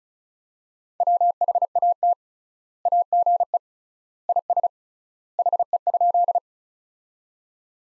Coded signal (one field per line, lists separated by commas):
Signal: Morse code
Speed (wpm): 36 wpm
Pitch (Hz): 700 Hz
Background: none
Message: WHAT AGE IS HE?